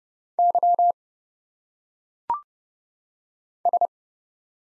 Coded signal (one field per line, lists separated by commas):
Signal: Morse code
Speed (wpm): 30 wpm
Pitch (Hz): 700 Hz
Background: none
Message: Y S